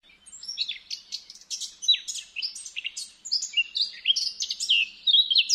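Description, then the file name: Eurasian blackcap song, a rapid unbroken run of varied warbled and whistled notes, jumping up and down in pitch throughout, with no other sounds heard. "Sylvia atricapilla"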